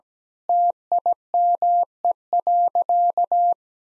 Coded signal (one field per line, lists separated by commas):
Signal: Morse code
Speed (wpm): 17 wpm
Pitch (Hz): 700 Hz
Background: none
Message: TIME.